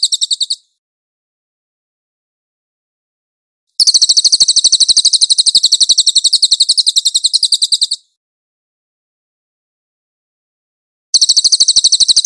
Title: SUARA BURUNG CILILIN